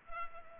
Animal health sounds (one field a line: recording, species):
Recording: mosquito wingbeat signal from an infrared sensor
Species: Culex pipiens